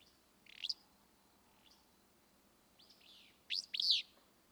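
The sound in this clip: Willow flycatcher singing a short note, then after a pause a louder phrase ending in two strong notes.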